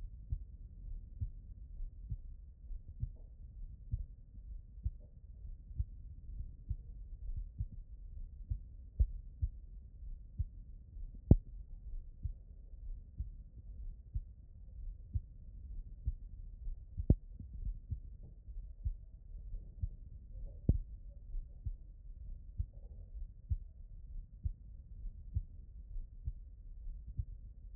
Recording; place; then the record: heart sounds by stethoscope; aortic valve (AV)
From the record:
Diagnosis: non-HFrEF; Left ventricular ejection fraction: 59%